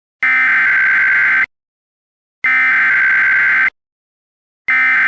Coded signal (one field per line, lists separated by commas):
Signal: Emergency Alert System (SAME) tones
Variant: header bursts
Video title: EAS Simulacion / EAS Mock - la tormenta de invierno Illinois DE TRES DIAS.